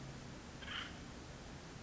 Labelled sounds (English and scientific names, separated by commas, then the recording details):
Acorn Woodpecker (Melanerpes formicivorus)
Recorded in Sonoma County, California